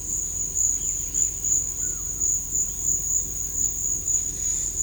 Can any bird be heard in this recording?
yes